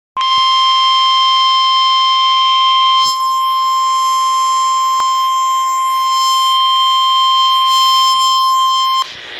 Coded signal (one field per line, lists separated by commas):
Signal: Emergency Alert System (SAME) tones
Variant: 1050 Hz attention tone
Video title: Flash Flood Warning for North Central Winnebago County On KZZ57 and 97.5FM. (EAS 323-324) 9/16/23